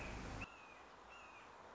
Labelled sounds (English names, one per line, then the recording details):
Red-shouldered Hawk
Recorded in Sonoma County, California